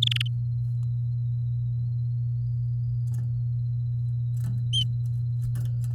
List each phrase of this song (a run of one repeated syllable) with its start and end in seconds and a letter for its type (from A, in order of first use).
0.02-0.22 A